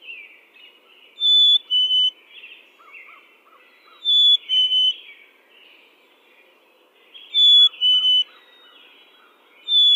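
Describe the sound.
Chickadee whistled two-note song, a high clear note dropping to a lower one, repeated about every three seconds, with softer chips and warbles between phrases.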